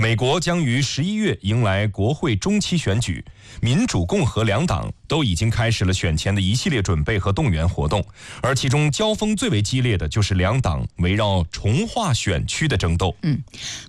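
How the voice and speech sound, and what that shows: A man reads a Mandarin news report in a clear, steady, fluent broadcast voice with ordinary pacing.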